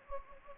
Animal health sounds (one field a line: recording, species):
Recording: mosquito wingbeat signal from an infrared sensor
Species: Anopheles gambiae